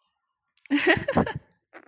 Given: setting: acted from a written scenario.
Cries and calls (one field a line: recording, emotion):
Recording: vocal sound without words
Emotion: amusement